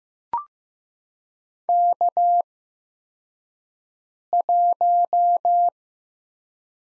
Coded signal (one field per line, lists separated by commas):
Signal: Morse code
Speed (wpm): 15 wpm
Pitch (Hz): 700 Hz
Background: none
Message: K1